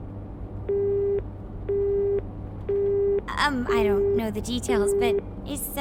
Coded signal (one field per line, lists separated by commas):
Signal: telephone call progress tone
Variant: Japan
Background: speech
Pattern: busy tone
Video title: Persona 5 Strikers - #13 Phantom Phreaks